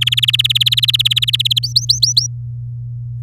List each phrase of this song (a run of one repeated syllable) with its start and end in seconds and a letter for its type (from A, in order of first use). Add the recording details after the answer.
0.01-1.59 A, 1.63-2.27 B. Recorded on 10 May 2018 at 12:34. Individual llb16